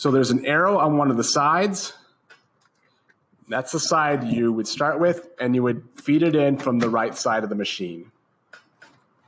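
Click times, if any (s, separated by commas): none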